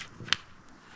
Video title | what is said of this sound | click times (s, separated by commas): "NEW" FX Impact Magazine, from Hunter TACtical | nice positive click very nice | 0.3 s